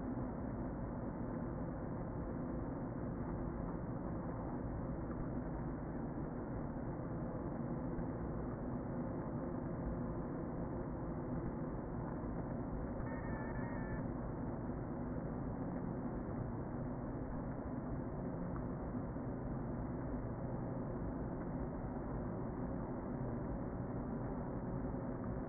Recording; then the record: honeybee colony, microphone inside the hive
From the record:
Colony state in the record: queen present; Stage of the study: before two queens were removed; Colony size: about 60,000 bees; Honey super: yes